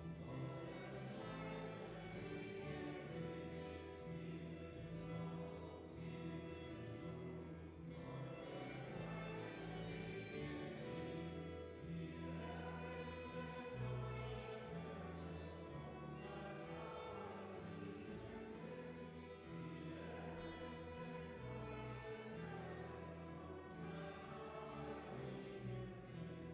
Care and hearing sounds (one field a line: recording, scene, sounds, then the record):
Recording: everyday scene through a hearing-aid microphone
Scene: reverberant space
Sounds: music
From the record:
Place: church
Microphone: behind the ear, right, front